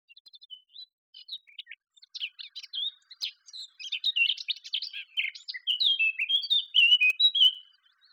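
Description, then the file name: Eurasian blackcap song: a quiet stuttering start building into dense, rapid warbling and ending in clear, loud whistled flourishes. "Sylvia atricapilla"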